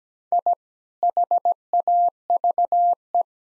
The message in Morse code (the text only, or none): I HAVE